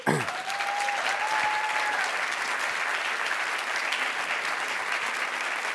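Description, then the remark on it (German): Steady, dense audience applause in Cologne, after a reading from Mithu Sanyal's novel Identity, fills the whole stretch, many hands clapping at a constant loudness, with a faint high whistle-like tone gliding briefly near the start. “Köln ist super und ihr klatscht, obwohl die Geschichte in Düsseldorf spielt.”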